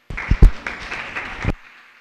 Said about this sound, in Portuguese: Palmas para ele.